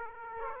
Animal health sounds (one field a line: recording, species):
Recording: mosquito wingbeat signal from an infrared sensor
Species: Aedes aegypti